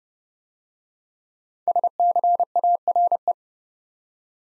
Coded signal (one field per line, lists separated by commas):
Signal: Morse code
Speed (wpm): 30 wpm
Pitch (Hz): 700 Hz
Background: none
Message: SCARE